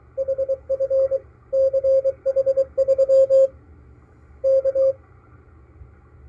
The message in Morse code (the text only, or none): HF CH3 K